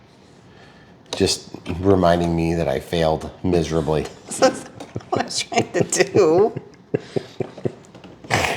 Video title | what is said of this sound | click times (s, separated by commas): Avios - C-130 - 1600mm - Unbox, Build, & Radio Setup | it's not seated. It's not even close. What the heck did I do wrong? | none